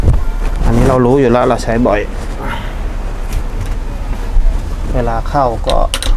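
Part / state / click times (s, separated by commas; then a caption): fold-down table panel into its lock on the trailer / not seated / none. Someone talks while handling the fold-down table panel of a campervan trailer, hooking it in to be pushed down into its lock. Speech fills most of the clip over a low background hum. Nothing has seated or clicked into the lock yet.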